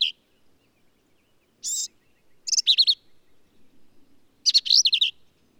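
Black-capped vireo: a single high buzzy note followed by two fast, scratchy phrases of quick downslurred notes with gaps between them.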